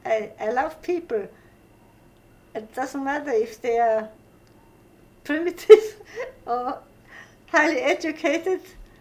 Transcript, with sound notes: I love people, and it doesn't matter if they're primitives. ( she laughs ) Or highly educated.